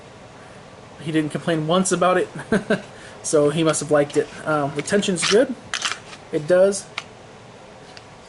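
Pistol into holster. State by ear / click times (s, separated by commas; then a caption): seated / 8.0 s. Someone talks while a pistol is pushed into an Incog kydex-style IWB holster. A faint, short click at 8.0 s marks the retention engaging, and the pistol is seated. The click is not very audible but can be felt.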